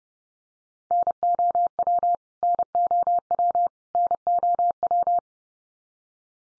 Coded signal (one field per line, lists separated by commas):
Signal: Morse code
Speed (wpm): 30 wpm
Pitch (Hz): 700 Hz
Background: none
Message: NOW NOW NOW